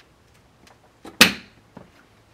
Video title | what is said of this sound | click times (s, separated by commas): SnapJack SS - Single Sided Swingarms | okay you heard it snap | 1.2 s